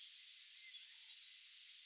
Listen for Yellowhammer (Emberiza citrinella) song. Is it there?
yes